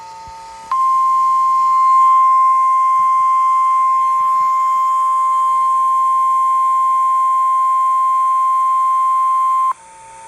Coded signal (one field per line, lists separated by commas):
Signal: Emergency Alert System (SAME) tones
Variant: 1050 Hz attention tone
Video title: Regular Weeklies | EAS #540-542